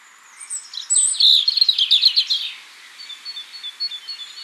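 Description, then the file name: European robin giving a brief rapid twittering phrase that fades into soft, high, thin notes, repeated quickly. "Erithacus rubecula"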